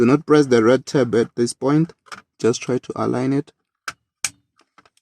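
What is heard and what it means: Someone talks while the plastic multi-pin wiring connector from a new steering wheel on a VW Golf/Jetta Mk5 is aligned and pushed onto the connector at the steering column, with the red locking tab left unpressed. A faint tick at 3.9 s comes before a sharp click at 4.3 s as the connector seats, followed by a few quiet ticks. The connector is clicked in and seated, and the red tab is then pressed to lock it.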